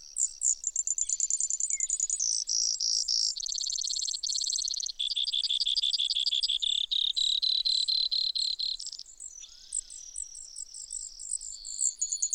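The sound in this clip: Brewer's sparrow song: extended series of varied high trills, some buzzy, some rapid clicking, changing pitch every second or two, then fainter twittering notes.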